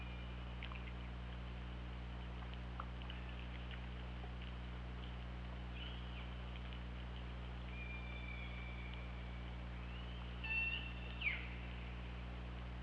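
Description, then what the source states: Killer whale calls: a long, level, whistle-like tone, then a sharp upswept call with harmonics and a second short call, over continuous low-pitched hum. Underwater hydrophone recording made by OrcaLab on 24 August 2017 at 21:08.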